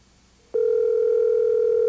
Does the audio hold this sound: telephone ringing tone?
yes